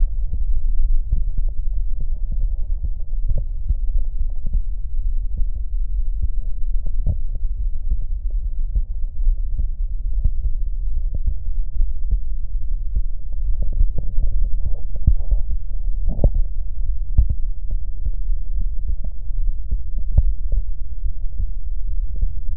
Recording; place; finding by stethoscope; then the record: heart sounds by stethoscope; tricuspid valve (TV); normal heart sounds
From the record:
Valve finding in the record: tricuspid regurgitation, grade 0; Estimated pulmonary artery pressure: 33 mmHg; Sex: male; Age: 62 years